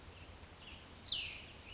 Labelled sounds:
Cassin's Vireo (Vireo cassinii)
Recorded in Sonoma County, California

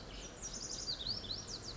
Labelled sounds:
Lazuli Bunting (Passerina amoena)
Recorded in Sonoma County, California

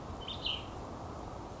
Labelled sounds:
Cassin's Vireo (Vireo cassinii)
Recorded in Sonoma County, California

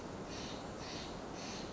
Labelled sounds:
Steller's Jay (Cyanocitta stelleri)
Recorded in Sonoma County, California

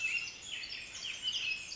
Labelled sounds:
Pacific Wren (Troglodytes pacificus)
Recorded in Sonoma County, California

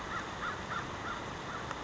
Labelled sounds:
American Crow (Corvus brachyrhynchos)
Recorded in Sonoma County, California

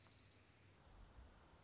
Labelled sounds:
Orange-crowned Warbler (Leiothlypis celata)
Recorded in Sonoma County, California

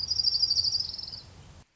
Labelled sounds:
Orange-crowned Warbler (Leiothlypis celata)
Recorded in Sonoma County, California

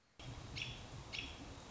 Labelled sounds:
American Robin (Turdus migratorius)
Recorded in Sonoma County, California

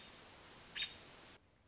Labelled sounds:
American Robin (Turdus migratorius)
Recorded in Sonoma County, California

